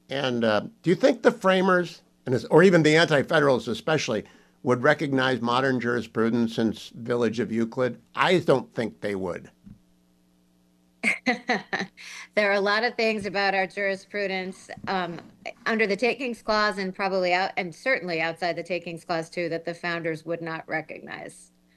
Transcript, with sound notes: And do you think the framers, or even the anti-federalists especially, would recognize modern jurisprudence in Village of Euclid? I don’t think they would.
(laughing) There are a lot of things about our jurisprudence, under the Takings clause and probably, and certainly outside the Takings clause, too, that the founders would not recognize.